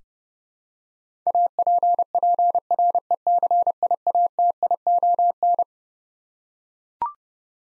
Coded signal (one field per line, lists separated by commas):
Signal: Morse code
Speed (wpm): 30 wpm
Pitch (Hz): 700 Hz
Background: none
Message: APPRECIATION